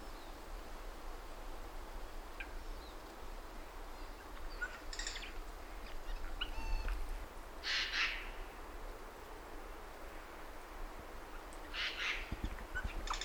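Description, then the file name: Eurasian jay giving quiet, harsh rasping screeches, a few bursts spaced several seconds apart, over a steady low background hiss. "Garrulus glandarius"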